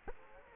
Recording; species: mosquito wingbeat signal from an infrared sensor; Culex quinquefasciatus